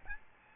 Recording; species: mosquito wingbeat signal from an infrared sensor; Aedes albopictus